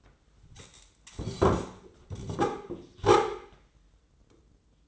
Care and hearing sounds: daily activity, microphone in the room; sit down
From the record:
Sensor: 3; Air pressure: 996.0 hPa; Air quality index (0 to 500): 247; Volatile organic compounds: 1000 ppm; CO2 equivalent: 6312 ppm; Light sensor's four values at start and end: 38/92/41/44 and 40/97/42/46

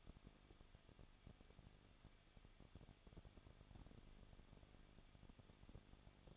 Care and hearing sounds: daily activity, microphone in the room; no activity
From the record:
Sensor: 4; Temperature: 23.1 degrees Celsius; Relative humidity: 34.3%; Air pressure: 1007.2 hPa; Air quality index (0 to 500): 215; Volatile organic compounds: 15 ppm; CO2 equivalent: 2490 ppm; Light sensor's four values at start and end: 2/3/1/1 and 2/3/1/1

